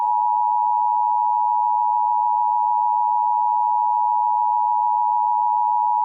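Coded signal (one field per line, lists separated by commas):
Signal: Emergency Alert System (SAME) tones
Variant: 853 and 960 Hz attention tone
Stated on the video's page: Fake, fictional EAS alert.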